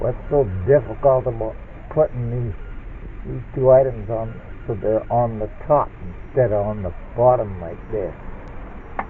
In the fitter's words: I heard that snap, so that means it's on.